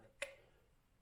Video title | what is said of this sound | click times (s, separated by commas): EACHINE EX4 - UNBOXING REVIEW & FUTURE CHANNEL GIVEAWAY WITH 3 BATTERIES! | just popped out there | 0.2 s